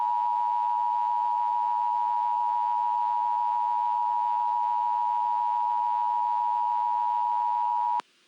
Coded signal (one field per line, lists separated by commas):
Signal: Emergency Alert System (SAME) tones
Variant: 853 and 960 Hz attention tone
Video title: EAS Scenario: The Ultimate Hurricane